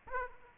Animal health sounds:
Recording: mosquito wingbeat signal from an infrared sensor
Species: Aedes aegypti

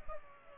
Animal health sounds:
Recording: mosquito wingbeat signal from an infrared sensor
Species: Culex pipiens

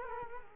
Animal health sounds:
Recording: mosquito wingbeat signal from an infrared sensor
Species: Culex quinquefasciatus

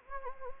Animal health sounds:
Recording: mosquito wingbeat signal from an infrared sensor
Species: Anopheles gambiae

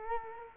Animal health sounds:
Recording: mosquito wingbeat signal from an infrared sensor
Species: Culex quinquefasciatus

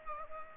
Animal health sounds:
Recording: mosquito wingbeat signal from an infrared sensor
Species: Aedes aegypti

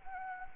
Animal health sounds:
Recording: mosquito wingbeat signal from an infrared sensor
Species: Anopheles arabiensis

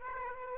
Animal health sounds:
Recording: mosquito wingbeat signal from an infrared sensor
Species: Aedes aegypti

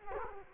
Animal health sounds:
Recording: mosquito wingbeat signal from an infrared sensor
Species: Culex quinquefasciatus

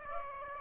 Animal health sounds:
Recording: mosquito wingbeat signal from an infrared sensor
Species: Aedes aegypti

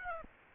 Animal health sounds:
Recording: mosquito wingbeat signal from an infrared sensor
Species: Aedes aegypti

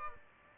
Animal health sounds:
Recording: mosquito wingbeat signal from an infrared sensor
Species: Aedes albopictus

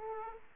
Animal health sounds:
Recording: mosquito wingbeat signal from an infrared sensor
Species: Aedes aegypti

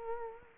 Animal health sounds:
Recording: mosquito wingbeat signal from an infrared sensor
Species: Culex quinquefasciatus

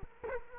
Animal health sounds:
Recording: mosquito wingbeat signal from an infrared sensor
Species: Culex quinquefasciatus

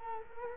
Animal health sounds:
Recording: mosquito wingbeat signal from an infrared sensor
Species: Culex quinquefasciatus

